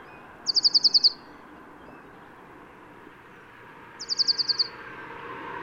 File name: Poecile palustris